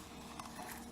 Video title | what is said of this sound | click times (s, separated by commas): Shark Rotator Powered Lift Away | like that right and that just snaps right in | 0.4 s